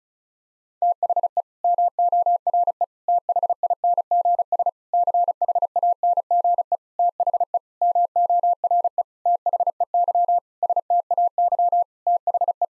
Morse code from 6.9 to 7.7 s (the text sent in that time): THE